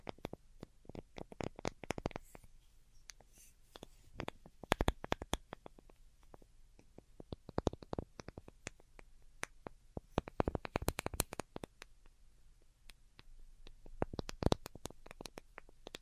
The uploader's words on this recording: ASMR DELICATE Tapping for Sleep (No Talking).